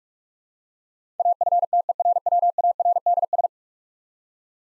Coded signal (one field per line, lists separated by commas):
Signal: Morse code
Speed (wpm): 45 wpm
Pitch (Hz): 700 Hz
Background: none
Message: AFTERWARDS